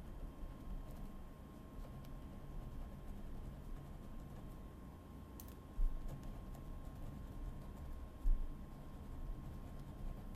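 A steady low rumble runs throughout, with a thin constant whine above it. Faint scattered ticks come and go, and two sharper clicks stand out, one a little before the six-second mark and another just past eight seconds.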